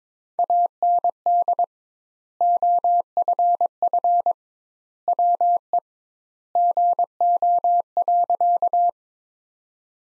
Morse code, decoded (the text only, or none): AND OFF WE GO.